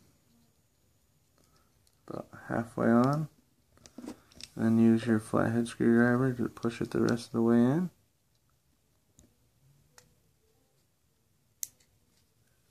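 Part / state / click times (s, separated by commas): bearing lock clip into fishing reel bearing housing / seated / 11.6 s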